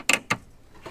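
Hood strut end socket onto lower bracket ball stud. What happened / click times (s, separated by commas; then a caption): The strut end socket snapped onto the ball stud / 0.3 s. The metal ball socket on the small end of a Redline Max Lift gas hood strut for a 2021 Ford Bronco is rocked back and forth, not pushed, over the ball stud on the lower bracket. A bright rattle at about 0.1 s is followed by a sharp snap at 0.3 s as the socket locks onto the stud. It is seated.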